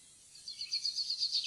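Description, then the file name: Eurasian blue tit producing a short run of rapid, high repeated notes that quickly grow louder, against a soft background hiss. "blaameis"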